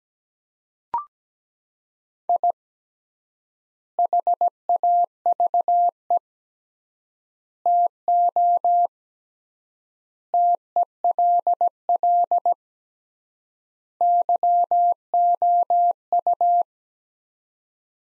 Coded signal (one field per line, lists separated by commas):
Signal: Morse code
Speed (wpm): 17 wpm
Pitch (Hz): 700 Hz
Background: none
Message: I HAVE TO TELL YOU